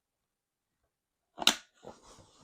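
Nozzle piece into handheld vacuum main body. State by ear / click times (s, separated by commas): seated / 1.5 s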